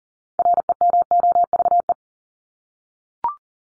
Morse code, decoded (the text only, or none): REMOVE